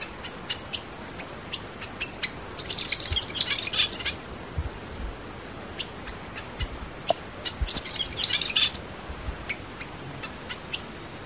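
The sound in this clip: Tanager song: two bursts of high, rapid twittering notes about five seconds apart, with scattered thin chips in between.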